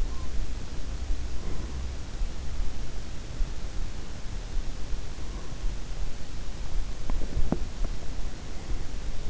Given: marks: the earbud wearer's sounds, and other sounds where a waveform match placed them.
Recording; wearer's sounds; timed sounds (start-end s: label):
sounds in sleep by an in-ear microphone; breath, teeth grinding
0.00-2.04 s: breath
3.92-5.84 s: breath
6.88-8.07 s: teeth grinding
6.88-8.90 s: breath